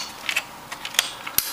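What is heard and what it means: A plastic push-pin tab of a CPU cooler heat sink is pressed down into a motherboard mounting hole, giving a few faint plastic ticks and scrapes. A sharp click at 1.4 s marks the pin seating in the hole.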